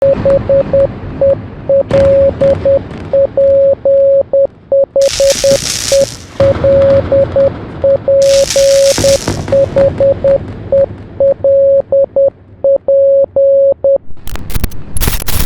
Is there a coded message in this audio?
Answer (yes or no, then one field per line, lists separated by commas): yes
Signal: Morse code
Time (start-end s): 0.0-14.0 s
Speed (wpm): 10 wpm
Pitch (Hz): 550 Hz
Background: none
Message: HELP HELP HELP